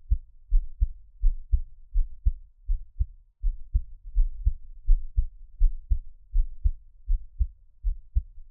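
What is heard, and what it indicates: A normal adult heartbeat heard close up: steady low-pitched lub-dub beats at about 82 per minute, with no talking.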